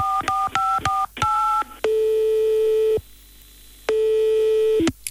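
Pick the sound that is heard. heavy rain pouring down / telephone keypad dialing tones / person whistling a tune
telephone keypad dialing tones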